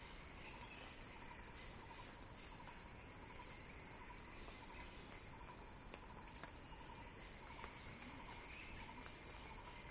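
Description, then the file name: Cicada drone, continuous and high-pitched, with a faint lower note repeated beneath it. Recording titled a cicada crescendo. "earth-fm Axel-Drioli Cicada-Crescendo-Sounding-Wild"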